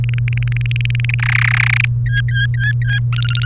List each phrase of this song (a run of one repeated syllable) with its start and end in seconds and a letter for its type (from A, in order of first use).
0.04-1.14 A, 1.19-1.85 B, 2.06-2.99 C, 3.12-3.45 D